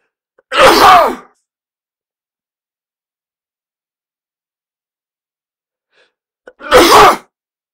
Sound effect human sneeze man.